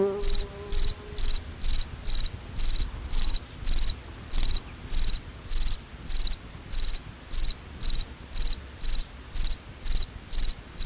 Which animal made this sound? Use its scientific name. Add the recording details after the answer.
Gryllus campestris. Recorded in the wild. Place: Illmitz, AT. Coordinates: 47.7544, 16.7631. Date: 1964-05-17. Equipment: Uher Report 4000, AKG D190. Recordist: Krey, Winfried